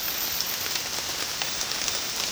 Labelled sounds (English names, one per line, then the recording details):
none
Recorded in secondary vegetation near Puerto Asís, Putumayo, Colombia, on 27 June 2025 at 05:30
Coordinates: 0.484, -76.319
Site G074